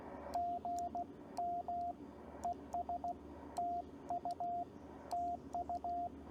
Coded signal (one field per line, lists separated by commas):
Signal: Morse code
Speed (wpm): 15 wpm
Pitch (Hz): 700 Hz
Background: radio noise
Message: GM ES TU TU